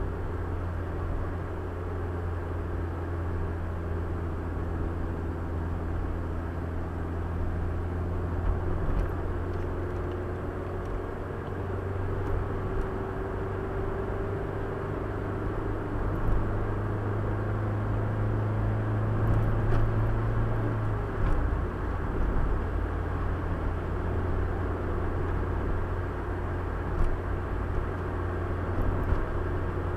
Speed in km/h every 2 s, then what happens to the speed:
66, 66, 64, 64, 67, 70, 73, 76, 79, 82, 84, 82, 82, 82, 84.
0-6 steady at about 64. 6-19 speeds up to 84. 19-30 steady at about 82.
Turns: none.